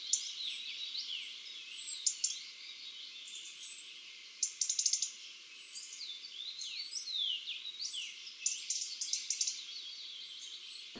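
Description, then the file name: European robin giving a continuous, varied song of high, thin whistles, quick descending slurs and brief rattling trills, phrases following each other closely. "Erithacus rubecula"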